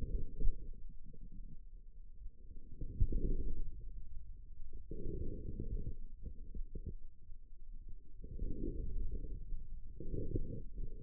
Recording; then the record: forearm muscle sounds (acoustic myography)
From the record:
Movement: inward rotation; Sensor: system 2, bracelet of six BSWA MPA416 microphones around the upper forearm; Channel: 4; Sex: male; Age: 22 years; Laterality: right